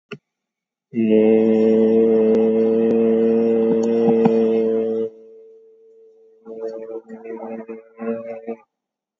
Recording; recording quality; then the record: sustained vowel as in made; excellent, no background noise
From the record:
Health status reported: COVID-19 positive, moderate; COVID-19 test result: positive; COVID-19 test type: RT-PCR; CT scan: taken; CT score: 0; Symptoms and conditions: cough, cold, breathing difficulty, sore throat, fever, fatigue, muscle pain, diarrhoea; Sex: male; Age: 31 years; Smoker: no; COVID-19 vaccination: none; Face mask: worn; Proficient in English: yes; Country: India